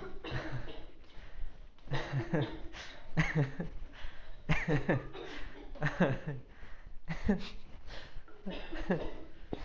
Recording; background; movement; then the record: laughter; a bystander coughing; walking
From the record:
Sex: male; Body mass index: 20.5 kg/m2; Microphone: on the chest, facing outward